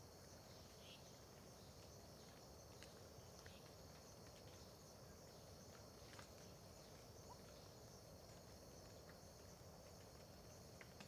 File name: Ambiencia parque terra ronca perto da estrada amanhecer com bacurau, gotejar, grilos